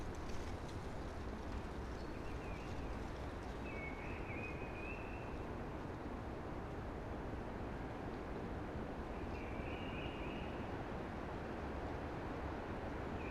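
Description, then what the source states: Eurasian blackbird song: a few separated warbling phrases with long gaps, over a steady windy hiss. Blackbird singing early, amongst conifers with a hushing sound.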